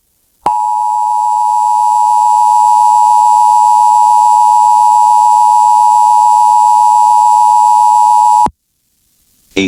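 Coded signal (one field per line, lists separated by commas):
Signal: Emergency Alert System (SAME) tones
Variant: 853 and 960 Hz attention tone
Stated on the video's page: Silver Alert aired on an FM radio station.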